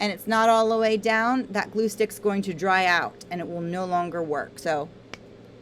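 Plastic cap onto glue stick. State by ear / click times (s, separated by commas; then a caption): seated / 5.1 s. Someone talks, then a plastic cap is pressed fully down onto a glue stick and snaps into place with a short, sharp click at 5.1 s. The cap is seated all the way so the glue stick won't dry out.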